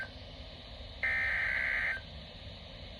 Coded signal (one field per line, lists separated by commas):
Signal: Emergency Alert System (SAME) tones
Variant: header bursts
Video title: NOAA Weather Radio - Doubleheader Tornado Warning [EAS #9-10] (9/1/21)